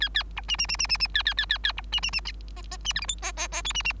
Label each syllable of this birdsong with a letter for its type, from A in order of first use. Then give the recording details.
A A B C C C C C C A A A A A B C C C D D C E F G D D D H C C. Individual Bird3